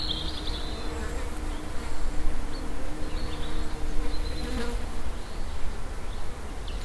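Bees droning with a steady low buzz that swells and fades, joined by several short, high chirps.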